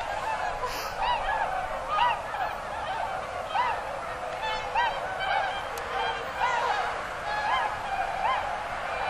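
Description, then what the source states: Swans honking, many birds calling together in overlapping nasal, trumpeting notes against a constant broad hiss of background noise. Recorded on 16 November 2007.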